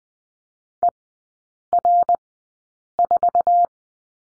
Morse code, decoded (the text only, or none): ER4